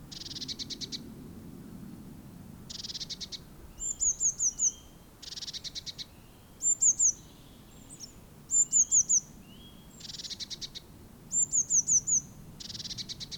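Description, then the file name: Eurasian blue tit calls: buzzy churring bursts alternating with high, thin trilled phrases and soft lower whistles, repeated several times. "Cyanistes caeruleus"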